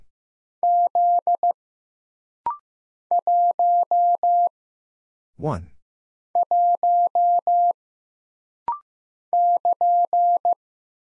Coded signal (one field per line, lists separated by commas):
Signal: Morse code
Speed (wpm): 15 wpm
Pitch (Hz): 700 Hz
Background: none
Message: Z 1 1 <KN>